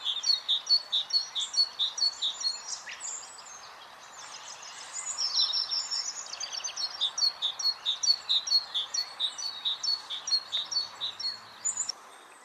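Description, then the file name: Great tit calls: fast repeated high notes in long runs, a short pause, then another run, over background hiss. "Parus major"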